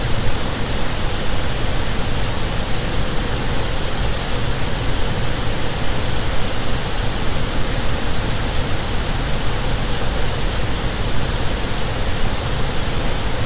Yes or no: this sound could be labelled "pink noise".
yes